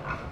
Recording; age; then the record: pig call; growing-finishing pig (85 days or more)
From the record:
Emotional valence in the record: positive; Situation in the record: run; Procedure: transit